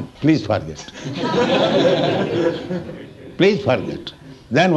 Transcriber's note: laughter